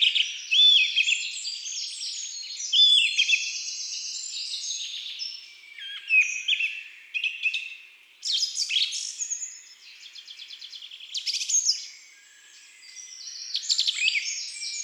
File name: Troglodyte mignon Chants doiseaux des bois et des forets